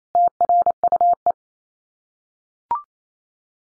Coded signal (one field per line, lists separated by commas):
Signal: Morse code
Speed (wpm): 28 wpm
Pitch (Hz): 700 Hz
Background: none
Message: TRUE